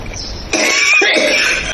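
A harsh, hissy adult cough, two quick bursts after a brief quiet moment, with little chest depth.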